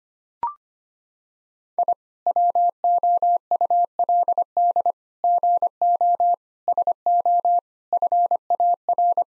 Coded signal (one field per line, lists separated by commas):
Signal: Morse code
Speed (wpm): 25 wpm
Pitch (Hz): 700 Hz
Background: none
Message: I WOULD GO SO FAR